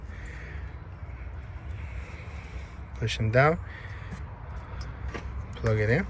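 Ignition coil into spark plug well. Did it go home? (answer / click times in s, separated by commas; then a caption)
no / none. Ignition coils on a Dodge are slid back into the spark plug wells and lined up before being pushed down, over a steady low background hum while someone talks. Nothing has seated or clicked yet.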